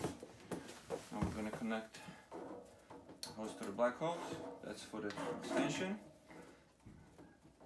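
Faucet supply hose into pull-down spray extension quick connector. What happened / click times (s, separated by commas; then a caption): Handled, not yet home: the hose connector has not clicked in / none. Faucet supply hoses for a Glacier Bay all-in-one laundry stainless utility sink cabinet are pushed by hand into the black quick-connect fittings of the pull-down spray extension while someone talks. A single sharp handling knock sounds at about 3.2 s among soft rustling and clatter. Nothing has seated or clicked in yet.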